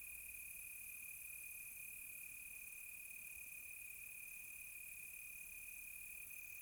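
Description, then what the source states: Crickets trilling continuously at one high pitch, with layered fainter insect buzzing above and otherwise quiet surroundings. Close crickets on a quiet tropical night.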